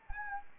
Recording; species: mosquito wingbeat signal from an infrared sensor; Anopheles arabiensis